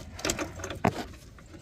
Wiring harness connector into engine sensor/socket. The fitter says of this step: Cable down here. Right there. Make sure it clicks.